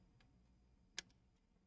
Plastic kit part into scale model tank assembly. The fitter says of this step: there we go nice little click that's